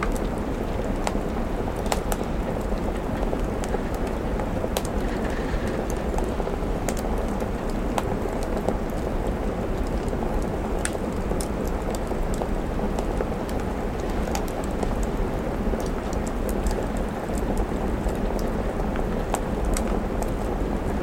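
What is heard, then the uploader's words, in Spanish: Steady rain patters against a window over a deep, constant rumble, with frequent sharp crackles and taps scattered throughout, dense. Chimenea Acogedora | Lluvia de Otoño en la Ventana. Una chimenea acogedora crepitante y la suave lluvia de otoño y viento golpeando delicadamente la ventana.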